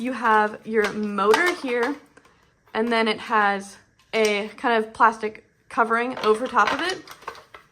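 Someone talks while handling the plastic motor cover of an ice cream maker, bringing it toward the base, with faint clatter and two small sharp sounds near the end. The cover has not seated or clicked into place yet.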